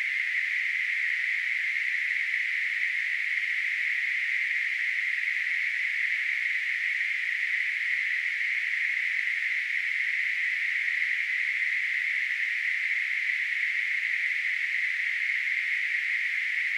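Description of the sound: A steady, unbroken hiss concentrated in a narrow mid-high band around 2 kHz holds at constant loudness for about 17 seconds. It is a simulated tinnitus sound, imitating the continuous ringing or hissing a person with tinnitus perceives.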